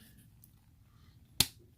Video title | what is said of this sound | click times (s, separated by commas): Marvel Legends Wolverine with Motorcycle Unboxing and Review | voila, pops right in. | 1.4 s